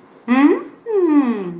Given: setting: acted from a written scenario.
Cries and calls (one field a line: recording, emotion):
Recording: vocal sound without words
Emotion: adoration